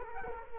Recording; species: mosquito wingbeat signal from an infrared sensor; Culex quinquefasciatus